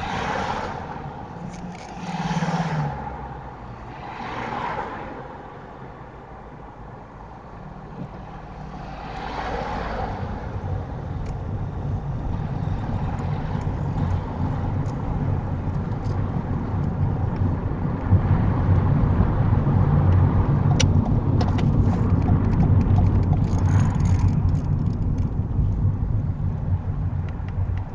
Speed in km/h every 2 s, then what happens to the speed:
0, 0, 0, 0, 11, 19, 27, 32, 35, 39, 37, 24, 16, 10.
0-6 standing. 6-18 pulls away to 39. 18-28 slows to 10.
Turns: none.